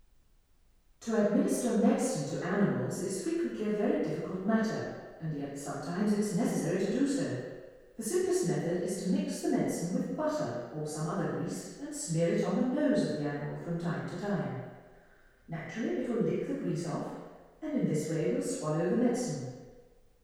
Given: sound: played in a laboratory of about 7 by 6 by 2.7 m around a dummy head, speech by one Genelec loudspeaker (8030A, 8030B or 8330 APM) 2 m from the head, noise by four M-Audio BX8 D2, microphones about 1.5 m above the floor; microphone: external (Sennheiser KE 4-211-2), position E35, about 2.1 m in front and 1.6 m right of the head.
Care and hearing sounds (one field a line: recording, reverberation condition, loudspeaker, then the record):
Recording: female speech in English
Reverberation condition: high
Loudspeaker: 30 degrees to the left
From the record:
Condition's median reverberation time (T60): about 1300 ms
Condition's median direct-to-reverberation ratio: about -4.0 dB